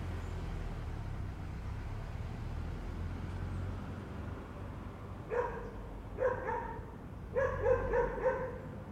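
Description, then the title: Dogs barking: low rumbling background at first, then three quick bouts of harsh barking in the second half. More than one dog. "perros"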